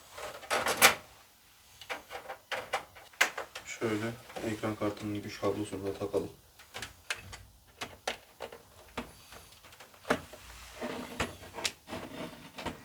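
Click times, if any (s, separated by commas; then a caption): none. A power cable is being plugged into a graphics card's socket inside a gaming PC case while someone talks. Several small plastic knocks are heard, among the loudest near the end at about 10.1 s and 11.7 s. Nothing has seated or clicked yet.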